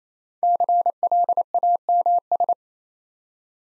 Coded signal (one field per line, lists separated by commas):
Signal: Morse code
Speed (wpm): 27 wpm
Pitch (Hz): 700 Hz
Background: none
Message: CLAMS